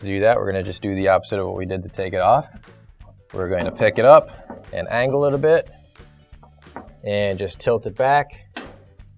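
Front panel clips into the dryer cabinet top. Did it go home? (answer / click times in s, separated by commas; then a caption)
yes / 8.6 s. Someone talks while the metal front panel of a Maytag dryer, removed to replace the drum roller washer, is angled in and tilted back against the cabinet top. A single sharp snap lands at 8.6 s as the panel's top clips seat into place.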